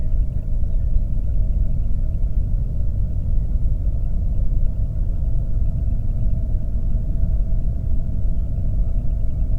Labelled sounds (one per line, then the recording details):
songbird
flare stack
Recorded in the Prudhoe Bay oil fields, Alaska, on 22 May 2019 at 01:31
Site 25